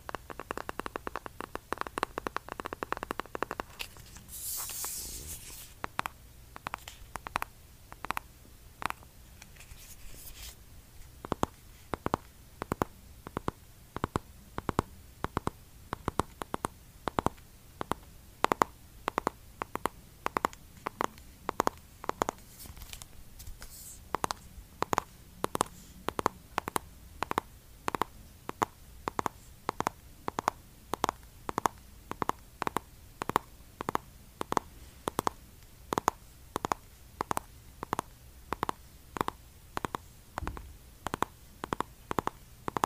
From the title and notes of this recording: Asmr eyeshadow tapping.